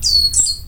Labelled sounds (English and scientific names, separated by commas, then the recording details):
Stitchbird (Notiomystis cincta) song
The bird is a male
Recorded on Tiritiri Matangi Island, New Zealand, in 2005
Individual 22, of nest box 31